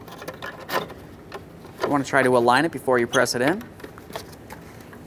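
A plastic mirror cap for a 2015-2020 Ford F-150 is brought toward the side mirror housing, and its clips are lined up with their holes before pressing. Someone talks, with only light handling taps around them. Nothing has seated or clicked yet.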